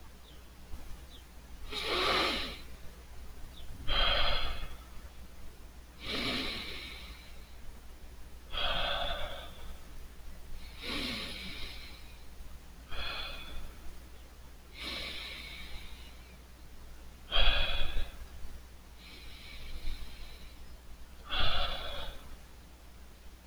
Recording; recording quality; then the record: deep breathing; moderate, slight background noise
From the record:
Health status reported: healthy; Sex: male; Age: 28 years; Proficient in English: yes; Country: United States